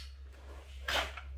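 A 40V Wild Badger Power battery pack is slid onto a cordless garden tool from the brushed trimmer and blower set over a low steady hum, and it locks into place with a sharp click at 0.9 s, followed by a faint tick at 1.2 s. The pack is seated and the tool is ready to use.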